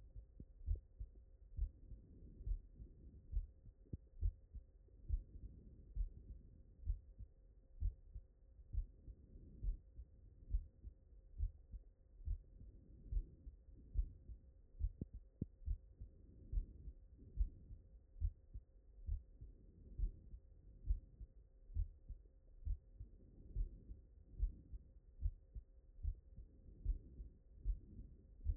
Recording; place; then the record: heart sounds by stethoscope; mitral valve (MV)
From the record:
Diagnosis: non-HFrEF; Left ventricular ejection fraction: 71%